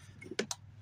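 A rubber spark plug wire boot with a metal clip is pushed onto the spark plug of a Briggs and Stratton e450 engine on a Murray lawn mower during a tune-up. After a faint tick at 0.2 s, two sharp clicks land at 0.4 s and 0.5 s against a quiet background. The boot snaps on and is seated on the plug.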